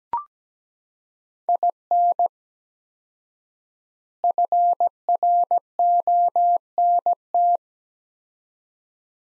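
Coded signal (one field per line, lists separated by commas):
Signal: Morse code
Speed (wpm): 17 wpm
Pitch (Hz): 700 Hz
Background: none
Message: IN FRONT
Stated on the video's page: Morse practice set of four-word phrases at 17 wpm with 4x word spacing, similar to Farnsworth method; each set is followed by spoken version.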